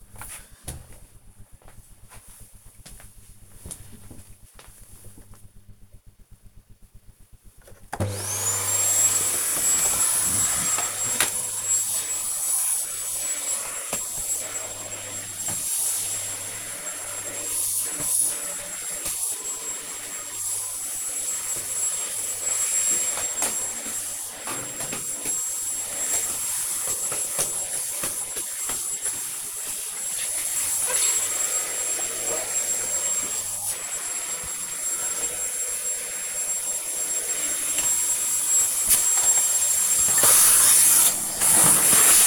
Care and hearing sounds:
household activities, microphone on the right wrist
7.26-42.27 s: vacuum cleaning

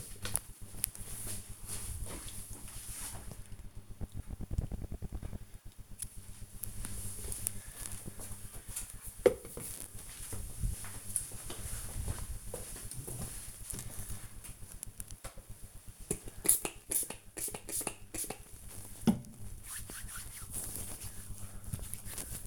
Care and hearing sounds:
household activities, microphone on the right wrist
14.18-22.47 s: disinfecting hands

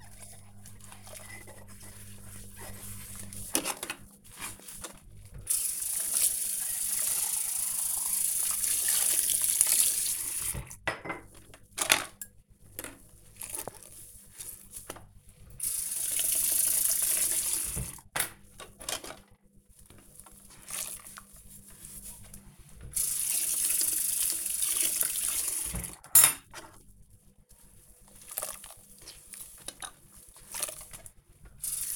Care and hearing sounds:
household activities, microphone on the right wrist
0.00-31.96 s: washing dishes

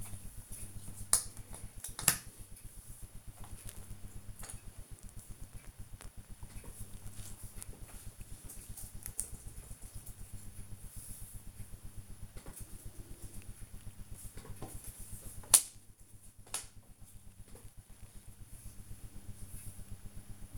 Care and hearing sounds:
household activities, microphone on the right wrist
0.00-12.30 s: doing a puzzle
14.30-20.58 s: doing a puzzle

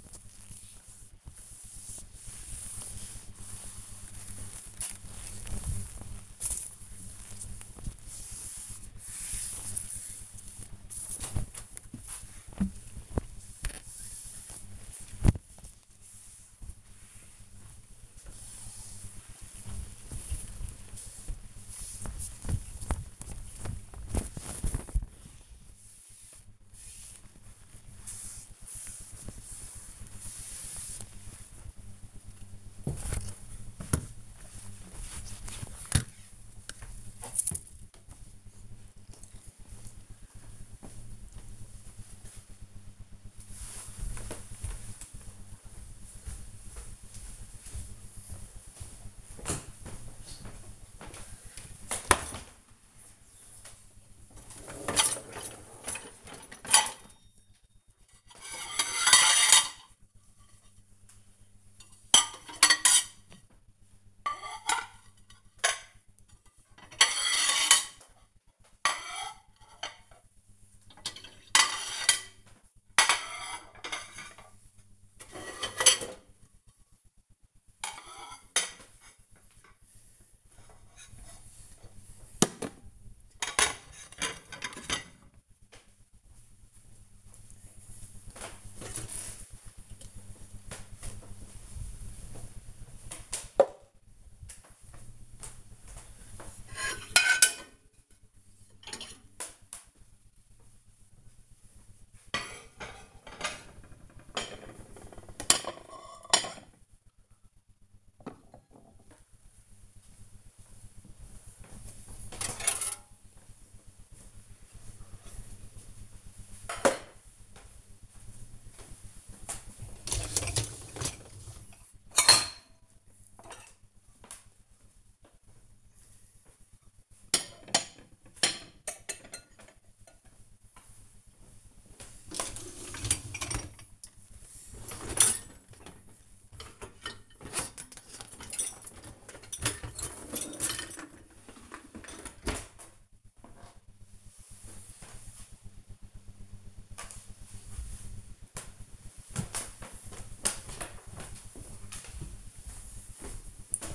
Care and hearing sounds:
household activities, microphone on the right wrist
0.00-36.89 s: window cleaning
50.00-141.53 s: cleaning out the dishwasher

